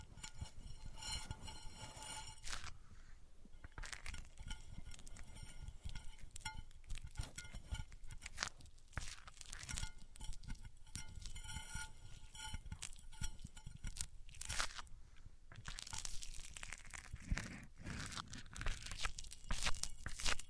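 Microphones rubbed across different surfaces make dense, scratchy crunching and scraping that runs throughout. Bursts of rough friction come and go every second or so, with thumpy low rumbles underneath and bright metallic ringing tones in stretches. It grows louder near the end.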